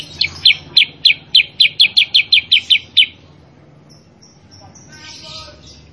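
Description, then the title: Sooty-headed bulbul giving a rapid run of many bright, down-slurred chirps over about three seconds, followed by faint hissing background sounds. Master (training) recording of a kutilang sutra in vigorous 'gacor' song, played so that other kept kutilang sutra answer and sing along. "Masteran Kutilang Sutra. Kutilang Sutra mana YANG GAK NYAUT dan IKUT BUNYI GACOR dengan suara Kutilang Sutra Super GACOR Ini"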